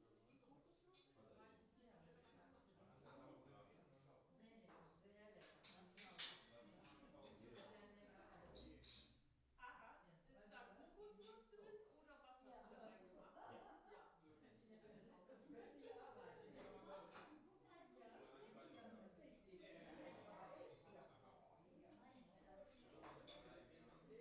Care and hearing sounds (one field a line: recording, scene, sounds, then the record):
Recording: everyday scene through a hearing-aid microphone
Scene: many people talking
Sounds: many voices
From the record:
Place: parish hall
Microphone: behind the ear, left, rear